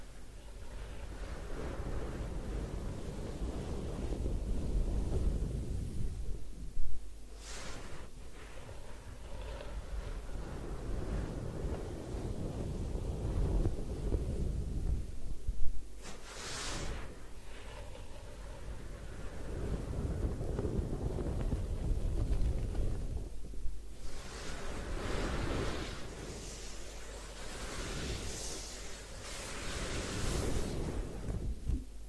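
Head spa hair wash and massage: a steady, dense low rumbling and rubbing, like hands working over wet hair and scalp, over a constant deep hum. Short hissy bursts come near 7 and 16 seconds, then a longer bright spraying hiss from about 23 seconds on.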